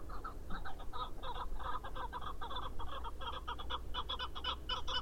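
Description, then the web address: Chukar partridge clucking, a steady stream of coarse chuck notes in irregular bursts, with faint low rumble. "sound Chukar. صدای-کبک-چوکار"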